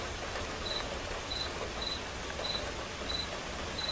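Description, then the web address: Cricket chirping, six brief high chirps, with quiet rain hissing underneath. Crickets chirping as accompaniment to a quiet rain. "som de chuva silenciosa com acompanhamento de grilos"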